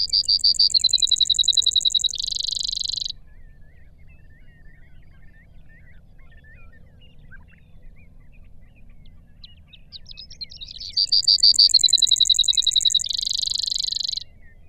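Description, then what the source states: Brewer's sparrow song: two long, high, buzzy trills about eight seconds apart, each shifting partway through to a different trill speed, with faint soft chirps in between. Recorded in Sierra Valley in June 2002.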